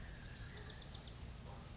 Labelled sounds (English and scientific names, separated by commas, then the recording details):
Bewick's Wren (Thryomanes bewickii)
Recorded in Sonoma County, California